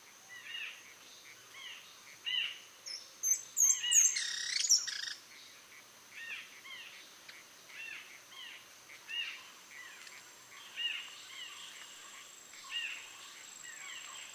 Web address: sound Speckled-spinetail. صدای-پرنده-دمخاری-خالدار